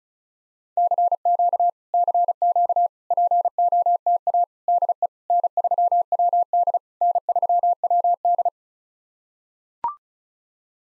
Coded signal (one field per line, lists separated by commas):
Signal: Morse code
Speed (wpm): 34 wpm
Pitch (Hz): 700 Hz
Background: none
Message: CQ CQ POTA DE N3WD N3WD